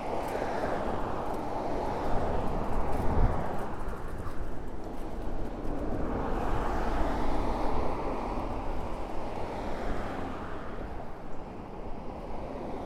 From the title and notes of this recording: A stereo recording of a bike ride from Orchard Beach to our house in Mount Vernon.